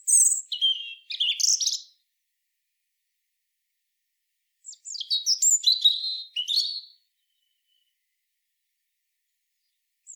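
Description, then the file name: European robin song: two quick bursts of high, tinkling and scratchy notes in the first two seconds, then a longer varied warbled phrase after a pause. "Erithacus rubecula"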